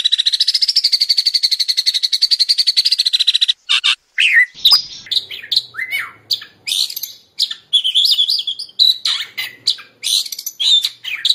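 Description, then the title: Oriental magpie-robin song opening with a fast buzzy pulsed trill for several seconds, then shifting to varied whistles, chirps and slurred notes in rapid succession. "Kacer"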